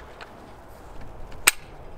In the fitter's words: ist jetzt wieder eingerastet man